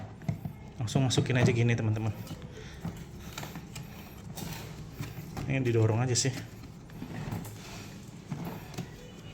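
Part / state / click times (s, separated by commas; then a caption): removable module into cordless pressure washer body / not seated / none. A removable module is pushed into the plastic body of an HL PWC 400 cordless pressure washer (jet cleaner) while someone talks. Brief handling knocks and scrapes come through between the speech. Nothing has seated or clicked yet.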